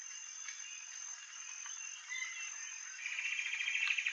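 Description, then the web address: Common paradise kingfisher: a brisk run of rapid repeated notes begins partway through and is still going at the end, above a steady high-pitched insect chorus. Recorded in Indonesia. "ULM-DS-Lab indonesian-bird-sounds Tanysiptera galatea"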